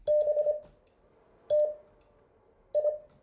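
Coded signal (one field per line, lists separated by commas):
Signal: Morse code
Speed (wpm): 25 wpm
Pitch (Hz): 600 Hz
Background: none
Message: BT I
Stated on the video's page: Morse code lesson material from a class session.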